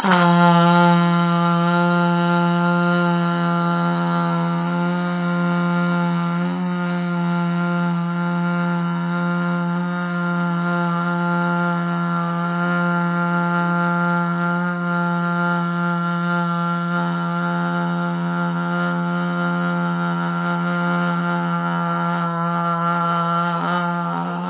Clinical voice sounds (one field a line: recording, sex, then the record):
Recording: sustained vowel /a/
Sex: female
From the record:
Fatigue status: no fatigue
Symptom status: symptomatic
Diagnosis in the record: COVID-19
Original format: 3gp